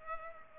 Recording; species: mosquito wingbeat signal from an infrared sensor; Culex pipiens